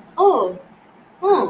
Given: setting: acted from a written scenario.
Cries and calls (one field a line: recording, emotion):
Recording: vocal sound without words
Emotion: interest